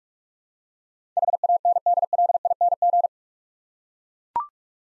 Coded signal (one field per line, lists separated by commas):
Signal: Morse code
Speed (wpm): 44 wpm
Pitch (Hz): 700 Hz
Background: none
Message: HANDLING